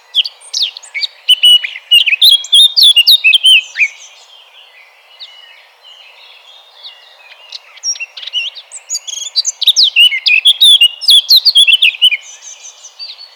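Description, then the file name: Eurasian blackcap giving fast scratchy warbling phrases, two bursts separated by a quieter gap of a few seconds. "Sylvia atricapilla 180115"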